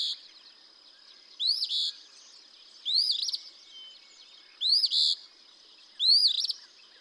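Eastern Phoebe song: four burry two-note phrases with a sharp upward sweep, against a quiet steady hiss.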